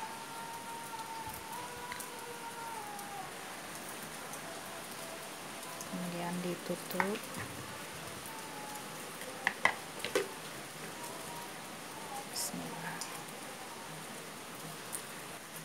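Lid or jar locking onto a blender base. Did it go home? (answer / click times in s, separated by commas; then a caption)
yes / 9.5 s, 9.7 s. A lid or jar is fitted onto a blender base while someone talks. Two sharp clicks sound at 9.5 s and 9.7 s as it locks into place.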